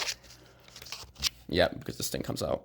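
A plastic part of a Unique Toys UT R-03 Dragoon Transformer-style figure is handled during transformation, ready to be pressed onto its peg socket on the figure body. Light plastic taps and rustles are heard around 0.7 to 0.9 s while someone talks. Nothing has seated or clicked yet.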